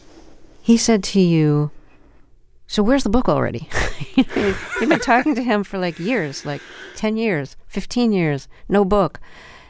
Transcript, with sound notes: He said to you, so where's the book already?
(LAUGHTER)
You'd been talking to him for, like, years, like, 10 years, 15 years, no book,